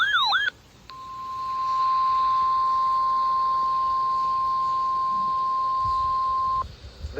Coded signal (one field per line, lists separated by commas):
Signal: Emergency Alert System (SAME) tones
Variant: 1050 Hz attention tone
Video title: KXI42 Required Weekly Test. 6/4/25 EAS #426